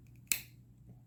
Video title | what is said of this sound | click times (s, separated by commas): Rough Ryder Patriot series | hear that snap | 0.3 s